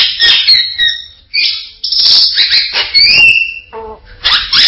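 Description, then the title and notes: Bali myna uttering loud squawks and raspy blasts, a pair of drawn-out whistled notes, and a few low clucking sounds. "Jalak Bali. Kicau Burung Jalak"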